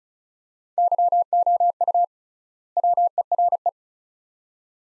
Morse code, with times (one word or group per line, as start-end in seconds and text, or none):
0.8-2.0 YOU
2.8-3.7 WERE